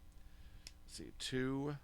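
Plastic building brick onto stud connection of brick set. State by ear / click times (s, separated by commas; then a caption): seated / 0.7 s. A plastic botanical building-block piece is pressed onto its stud mount and snaps into place with a sharp click at 0.7 s, seated as the second piece after the first had weak clutch power. Someone talks right after the click.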